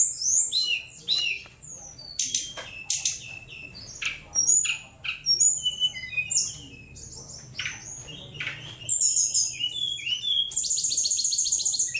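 Bird song: jumbled high chirps, sharp clicks and whistled notes, ending with a sustained buzzy high trill.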